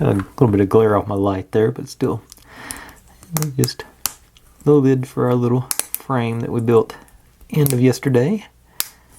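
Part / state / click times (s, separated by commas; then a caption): lid onto small model frame / seated / 8.8 s. The lid of a small frame for a book nook model kit is pressed on while someone talks, and it snaps into place with one sharp click at 8.8 seconds. The lid is seated on the frame.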